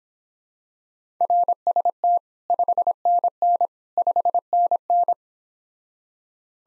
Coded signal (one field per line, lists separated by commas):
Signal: Morse code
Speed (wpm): 26 wpm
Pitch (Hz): 700 Hz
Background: none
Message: RST 5NN 5NN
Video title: Common QSO Phrases Speed-Racing - 17wpm